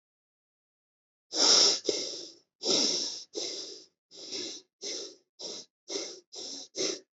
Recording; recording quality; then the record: shallow breathing; excellent, no background noise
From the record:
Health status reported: healthy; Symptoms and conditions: none ticked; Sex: female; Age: 32 years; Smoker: not ticked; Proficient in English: yes